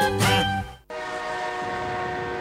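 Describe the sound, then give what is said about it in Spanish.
A loud siren blares with a rich, buzzing tone that wavers at first, cuts out for a split second, then resumes as a steady sustained wail with no voices. “¿Qué es ese ruido? Es la sirena.”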